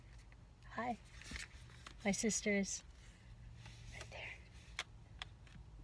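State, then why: Seated. A detachable plastic handheld controller is slid down the side rail of a handheld game console until it locks into place. Someone talks briefly, then two sharp clicks sound at 4.8 s and 5.2 s as the controller snaps in and is seated.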